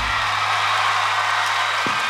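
A dense, steady wash of audience applause for a singer at a live concert at the Auditorio Nacional in 2013, many hands clapping at once with no break, loud and sustained for the full two seconds, with no voices rising above it.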